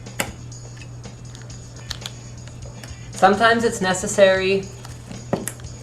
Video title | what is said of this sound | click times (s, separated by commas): Good Enough Gaming System Part A NCIX Tech Tips #4 | until you hear a click I'm going to be quiet when I'm pushing the next one in you'll hear a click | 0.2 s